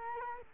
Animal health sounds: mosquito wingbeat signal from an infrared sensor; Culex quinquefasciatus

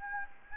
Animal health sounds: mosquito wingbeat signal from an infrared sensor; Anopheles gambiae

